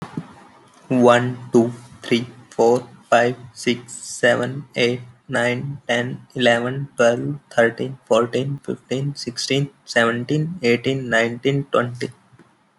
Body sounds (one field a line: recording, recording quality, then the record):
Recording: counting at a normal pace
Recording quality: moderate, slight background noise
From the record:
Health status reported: healthy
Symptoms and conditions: none ticked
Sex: male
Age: 25 years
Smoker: not ticked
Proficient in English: yes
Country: India